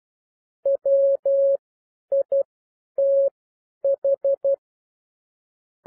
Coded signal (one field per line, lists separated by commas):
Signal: Morse code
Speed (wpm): 12 wpm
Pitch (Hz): 550 Hz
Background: none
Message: WITH